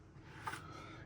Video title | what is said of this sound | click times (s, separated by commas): How to use a Cordless Hard Floor Washer | You need a little bit of force there. And that will just clunk onto the end. | 0.5 s